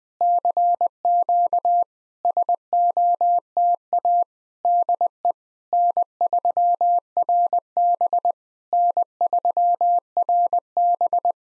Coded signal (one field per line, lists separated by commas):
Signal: Morse code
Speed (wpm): 20 wpm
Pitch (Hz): 700 Hz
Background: none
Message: CQ SOTA DE N3RB N3RB